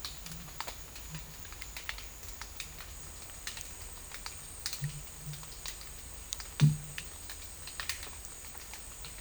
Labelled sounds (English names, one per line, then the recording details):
none
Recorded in dense forest near Puerto Asís, Putumayo, Colombia, on 21 December 2024 at 12:00
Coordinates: 0.484, -76.317
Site G026